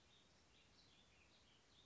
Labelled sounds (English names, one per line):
Warbling Vireo